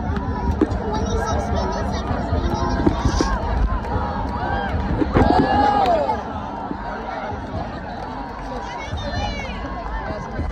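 A crowd at a live soccer match between Colombia and the USA keeps up a dense, steady roar of overlapping voices, with individual shouts and calls rising out of it. Around five seconds a burst of louder cheering swells, then the noise settles slightly lower.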